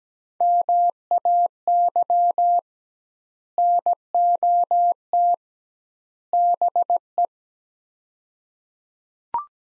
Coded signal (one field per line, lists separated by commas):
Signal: Morse code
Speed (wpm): 17 wpm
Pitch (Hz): 700 Hz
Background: none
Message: MAY NOT BE